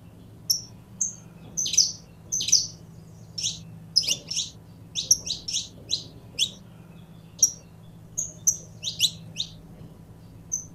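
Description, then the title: Belgian canary song with bright whistles and rapid sweeping chirps repeated in busy groups throughout, steady faint background hum. Purebred Belgian canary. "Canto Do Canário Belga Puro"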